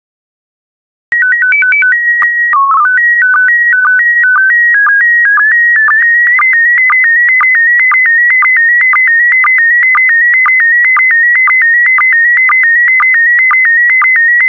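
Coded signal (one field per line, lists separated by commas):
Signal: SSTV (slow-scan television)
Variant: PD120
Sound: short calibration header, then steady warbling tones with a regular sync chirp twice a second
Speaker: complete. You can now check your decoded image against the picture that is shown on the video.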